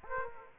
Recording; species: mosquito wingbeat signal from an infrared sensor; Aedes aegypti